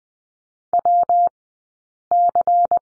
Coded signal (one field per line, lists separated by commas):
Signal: Morse code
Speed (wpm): 20 wpm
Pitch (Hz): 700 Hz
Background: none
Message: WC